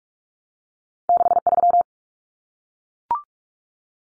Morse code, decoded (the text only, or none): 63